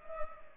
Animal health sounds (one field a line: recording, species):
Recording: mosquito wingbeat signal from an infrared sensor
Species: Culex pipiens